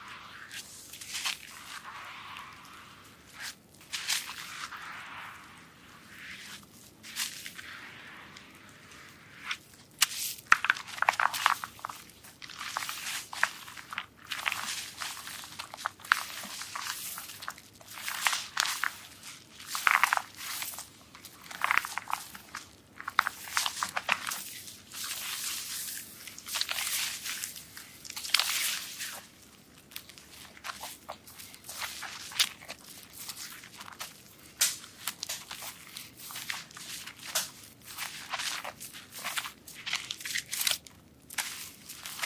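Soap being massaged, heard as a dense, irregular run of bright, crisp squishing and crackling strokes that arrive every second or so for the full length. The first ten seconds are softer and smoother, then the strokes grow louder and sharper, with a faint low hum underneath.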